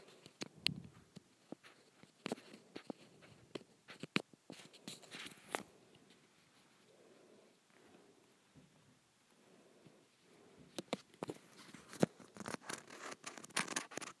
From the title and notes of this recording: ASMR Scratching a Textured Plastic.